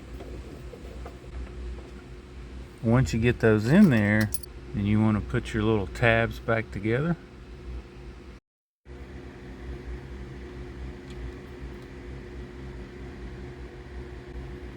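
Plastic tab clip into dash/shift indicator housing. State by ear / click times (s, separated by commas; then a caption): not seated / none. On a 1970–72 Chevelle, the small plastic tabs of a dash/shift indicator bulb socket piece are handled and pressed back together while someone talks over a steady low hum. Nothing has seated or clicked yet; the clip ends before the tab snaps into place.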